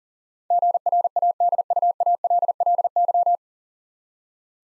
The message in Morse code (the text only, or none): GRADUALLY